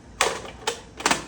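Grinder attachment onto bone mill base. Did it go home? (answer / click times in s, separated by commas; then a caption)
yes / 0.2 s. A plastic grinder attachment is pushed onto the base of a Stryker bone mill, an attachment that only clicks on one way. It clicks into place at 0.2 s with a sharp, bright snap, followed by a softer tap at 0.7 s and a double tap around 1.0–1.1 s. The attachment is seated.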